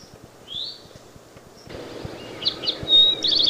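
Eastern towhee calling: a slurred note early, then a burst of sharp chirps and a quick rattling trill in the final second, with low clicking noise behind.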